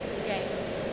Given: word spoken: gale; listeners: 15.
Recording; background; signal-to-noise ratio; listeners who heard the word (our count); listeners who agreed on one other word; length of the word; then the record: one English word in noise, from a listening test; speech-shaped noise; -5.3 dB; 5 of 15; 9 of 15; 0.53 s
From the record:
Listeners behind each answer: 9, 5, 1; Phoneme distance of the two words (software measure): 10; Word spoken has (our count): 1 syllable, 3 phonemes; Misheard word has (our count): 1 syllable, 3 phonemes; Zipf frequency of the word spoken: 3.62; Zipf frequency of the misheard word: 5.54